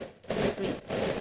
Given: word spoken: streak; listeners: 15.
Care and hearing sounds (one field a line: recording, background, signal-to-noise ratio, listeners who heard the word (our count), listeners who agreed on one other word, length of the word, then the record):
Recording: one English word in noise, from a listening test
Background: noise modulated by three-talker babble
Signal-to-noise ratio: -7.9 dB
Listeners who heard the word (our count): 1 of 15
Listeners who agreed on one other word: 7 of 15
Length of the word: 0.81 s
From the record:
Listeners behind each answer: 7, 2, 1, 1, 1, 1, 1, 1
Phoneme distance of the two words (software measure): 10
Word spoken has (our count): 1 syllable, 5 phonemes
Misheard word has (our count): 1 syllable, 5 phonemes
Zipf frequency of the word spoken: 3.76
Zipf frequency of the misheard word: 5.20